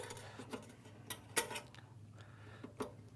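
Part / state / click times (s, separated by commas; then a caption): wire connector onto an espresso machine terminal / seated / 1.1 s, 2.8 s. Wire connectors are pushed back onto the terminals while reassembling an espresso machine's aluminum boiler. Short, sharp clicks at 1.1 s and 2.8 s show the connectors seating in place, with a few fainter ticks and light handling noise around them.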